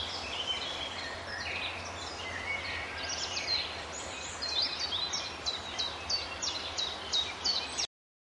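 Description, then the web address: Common chiffchaff song, high paired notes repeated in a series in the second half, over constant low background noise. Recorded at a river bend near Wawer, Poland. "zakole-wawerskie nagrania pierwiosnek"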